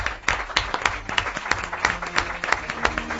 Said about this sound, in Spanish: Y ahora nos toca a nosotros darles el aplauso a ellos.